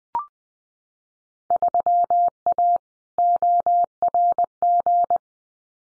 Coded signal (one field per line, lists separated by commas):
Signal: Morse code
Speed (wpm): 20 wpm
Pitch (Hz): 700 Hz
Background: none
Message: 3A ORG